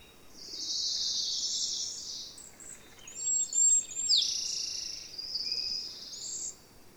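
A bird sings long, high, buzzy trills with a rapid tumbling phrase in the middle, then another sustained trill, against soft background noise.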